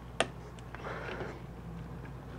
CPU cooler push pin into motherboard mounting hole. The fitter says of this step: the real light little click you should get when it locks in there